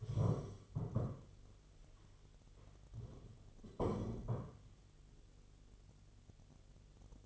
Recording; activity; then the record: daily activity, microphone in the room; stand up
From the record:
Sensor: 4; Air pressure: 1016.1 hPa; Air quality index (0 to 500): 188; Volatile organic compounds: 9 ppm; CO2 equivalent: 2148 ppm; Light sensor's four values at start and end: 9/20/8/7 and 9/20/8/7